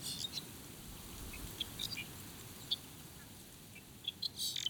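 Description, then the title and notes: Budgerigars giving sharp, high cheeping chirps in scattered clusters, some doubled, over a soft background of wind. Budgerigars cheeping near Birdsville, Queensland, on a windy spring morning in September 2022; Sennheiser Ambeo 3D headset; recordist walks away and back. "Budgies on a Spring Morning in Birdsville, QLD. The Quiet. made near Birdsville, QLD in September 2022. Listen to the budgerigars cheeping away as the wind blows past you"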